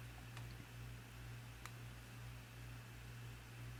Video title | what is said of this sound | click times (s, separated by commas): Samsung Ativ S Neo Screen and Charging port fix, Windows 8 Phone | have to do this a few times just to make sure all of the little locks are unclicked. | 0.4 s, 1.7 s